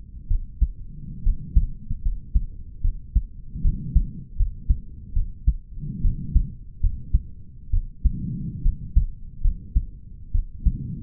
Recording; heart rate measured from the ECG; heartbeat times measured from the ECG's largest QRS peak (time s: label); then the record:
heart sounds by stethoscope; 72 bpm
0.27 s: heartbeat
1.23 s: heartbeat
2.02 s: heartbeat
2.81 s: heartbeat
3.61 s: heartbeat
4.36 s: heartbeat
5.13 s: heartbeat
6.01 s: heartbeat
6.80 s: heartbeat
7.70 s: heartbeat
8.62 s: heartbeat
9.41 s: heartbeat
10.31 s: heartbeat
From the record:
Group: healthy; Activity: rest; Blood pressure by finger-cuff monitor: 102/79 mmHg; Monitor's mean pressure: 85 mmHg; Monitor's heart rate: 74 bpm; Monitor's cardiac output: 5 L/min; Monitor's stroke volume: 70 mL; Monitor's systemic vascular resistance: 1230 dyn s/cm5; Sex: male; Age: 20 years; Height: 187 cm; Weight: 68.9 kg